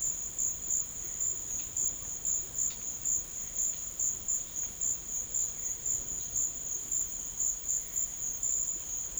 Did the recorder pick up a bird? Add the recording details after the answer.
no. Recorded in dense forest near Puerto Asís, Putumayo, Colombia, on 12 March 2025 at 15:30. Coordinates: 0.500, -76.322. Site GP06